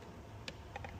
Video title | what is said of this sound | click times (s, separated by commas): SRM V2 LPFP Install | That clicked in there, and all of these will click as you're installing them, so you can pull it, you'll feel it. | 0.5 s